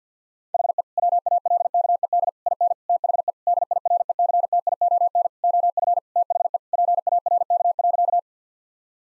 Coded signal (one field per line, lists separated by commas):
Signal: Morse code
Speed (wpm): 50 wpm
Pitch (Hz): 700 Hz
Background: none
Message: HE WALKED IN THE DIRECTION OF THE PARK.